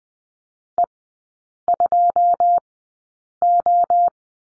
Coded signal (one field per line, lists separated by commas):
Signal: Morse code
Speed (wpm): 20 wpm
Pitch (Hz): 700 Hz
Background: none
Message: E2O